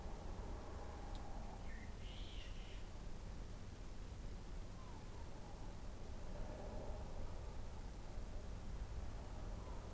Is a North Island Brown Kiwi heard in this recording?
no